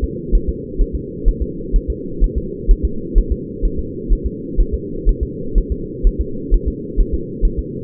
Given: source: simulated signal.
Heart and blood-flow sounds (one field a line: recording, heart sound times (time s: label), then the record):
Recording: fetal heart sounds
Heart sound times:
0.04 s: S2
0.35 s: S1
0.49 s: S2
0.81 s: S1
0.95 s: S2
1.28 s: S1
1.42 s: S2
1.76 s: S1
1.90 s: S2
2.24 s: S1
2.38 s: S2
2.71 s: S1
2.85 s: S2
3.18 s: S1
3.32 s: S2
3.65 s: S1
3.79 s: S2
4.13 s: S1
4.27 s: S2
4.60 s: S1
4.74 s: S2
5.09 s: S1
5.23 s: S2
5.58 s: S1
5.72 s: S2
6.07 s: S1
6.21 s: S2
6.54 s: S1
6.68 s: S2
7.00 s: S1
7.14 s: S2
7.45 s: S1
7.59 s: S2
From the record:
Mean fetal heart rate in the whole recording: 130 bpm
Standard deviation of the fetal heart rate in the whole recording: 4 bpm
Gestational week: 38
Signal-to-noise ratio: -4.3 dB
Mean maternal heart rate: 72 bpm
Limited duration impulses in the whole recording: absent